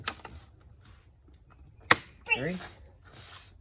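The third spring clip on the lid of the plastic engine air filter housing of a 2017 BMW 340ix, closed after replacing a dirty air filter, is snapped shut with a sharp, loud snap at 1.9 s. Softer ticks come before it, and someone talks just after. The clip is seated and closed.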